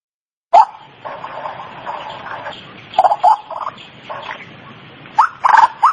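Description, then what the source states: White-breasted waterhen calls, harsh croaking notes in short bursts, with louder grunting phrases near the end. Used for training birds (masteran); local name ruak-ruak.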